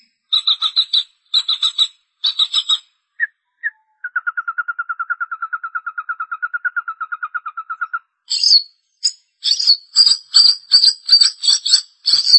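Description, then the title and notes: Long-tailed shrike song: harsh buzzy note clusters, then a long, fast, even trill of lower notes, giving way to high scratchy chatter. Recorded March 2017. "Pentet 201703. Suara burung pentet"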